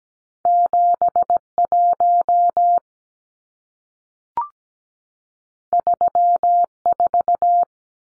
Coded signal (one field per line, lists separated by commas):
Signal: Morse code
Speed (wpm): 17 wpm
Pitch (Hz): 700 Hz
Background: none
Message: 71 34